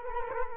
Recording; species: mosquito wingbeat signal from an infrared sensor; Culex quinquefasciatus